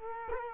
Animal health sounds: mosquito wingbeat signal from an infrared sensor; Culex quinquefasciatus

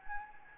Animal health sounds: mosquito wingbeat signal from an infrared sensor; Anopheles gambiae

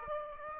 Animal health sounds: mosquito wingbeat signal from an infrared sensor; Aedes aegypti

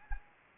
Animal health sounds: mosquito wingbeat signal from an infrared sensor; Anopheles arabiensis

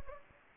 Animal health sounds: mosquito wingbeat signal from an infrared sensor; Anopheles gambiae

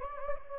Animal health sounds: mosquito wingbeat signal from an infrared sensor; Anopheles gambiae

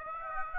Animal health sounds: mosquito wingbeat signal from an infrared sensor; Aedes aegypti

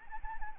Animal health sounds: mosquito wingbeat signal from an infrared sensor; Anopheles arabiensis

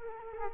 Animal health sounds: mosquito wingbeat signal from an infrared sensor; Culex quinquefasciatus

